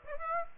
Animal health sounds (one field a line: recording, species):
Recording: mosquito wingbeat signal from an infrared sensor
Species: Aedes aegypti